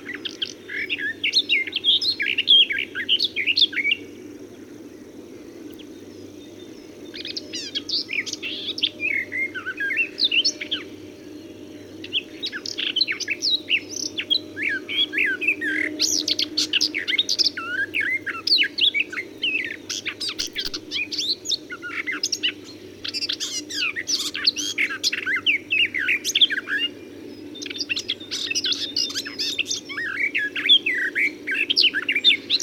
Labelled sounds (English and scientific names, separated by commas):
Garden Warbler (Sylvia borin) song